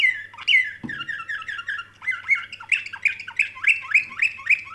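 Canary song of quick repeated chirping notes, settling into a regular rhythmic series of sharp rising syllables; a single low knock early on.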